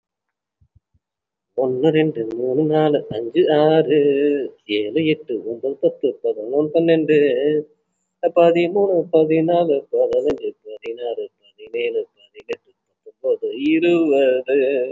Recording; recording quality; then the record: counting at a normal pace; excellent, no background noise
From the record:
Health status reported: respiratory illness, not identified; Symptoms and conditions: breathing difficulty, muscle pain, asthma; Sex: male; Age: 43 years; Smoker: no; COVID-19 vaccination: one dose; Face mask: worn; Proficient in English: yes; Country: India